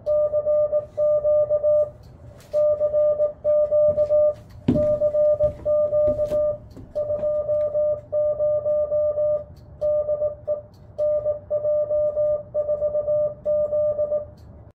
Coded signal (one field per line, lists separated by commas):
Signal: Morse code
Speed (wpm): 18 wpm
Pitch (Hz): 600 Hz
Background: none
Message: CQ CQ CQ 20 DE NJ4Z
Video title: CW on the Christmas DX Commander